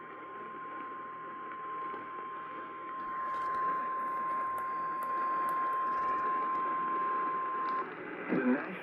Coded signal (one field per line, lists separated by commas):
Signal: Emergency Alert System (SAME) tones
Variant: 1050 Hz attention tone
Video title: Eas LCH Tor on KLVI-AM Eas#2007